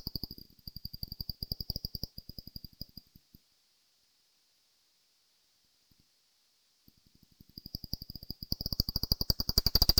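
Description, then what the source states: Brown long-eared bat clicks patter quickly, fade to silence for several seconds, then return and build to a loud dense run at the end. Valley Gardens, Harrogate; part of a sound map of Harrogate.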